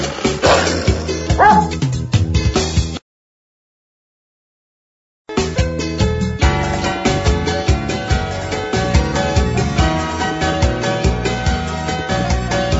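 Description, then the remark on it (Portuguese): A dog barks and yips over a dense, rhythmic music track at the start, then after a short gap of silence the steady, driving music resumes. “Meu cachorro me sorriu latindo.”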